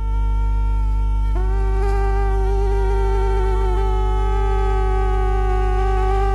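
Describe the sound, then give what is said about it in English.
Two mosquitoes whine continuously around near the ear, a thin, high-pitched buzzing drone of their wings that wavers slightly in pitch, with a second whine joining and overlapping the first after a moment. No voices. “Now, that was the extremely unpleasant sound of not one, but 2 mosquitoes buzzing around near your ear.”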